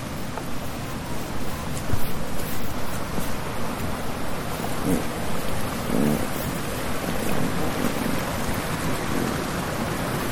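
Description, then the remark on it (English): Steady, dense storm rain pours down without a break, a broad hissing roar that stays fairly even in loudness for the whole stretch, with no voices. “These storms are kind of cool.”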